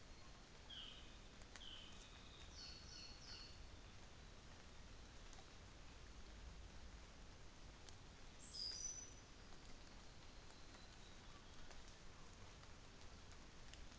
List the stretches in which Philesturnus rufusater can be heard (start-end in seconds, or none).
0.47-3.71